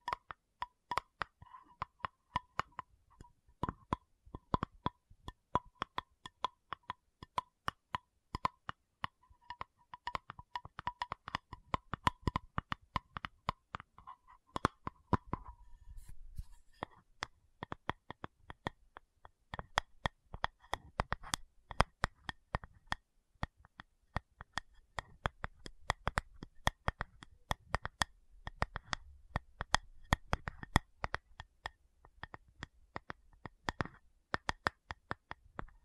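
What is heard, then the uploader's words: Tapping with no talking: sharp, dry taps in quick, irregular runs throughout, sometimes clustered densely, sometimes spaced out. A faint steady tone hums beneath the first fifteen seconds, then fades, and a soft low rumble appears in later stretches. Tapping Session (No Talking).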